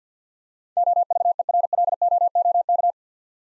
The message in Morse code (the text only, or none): OVERLOOK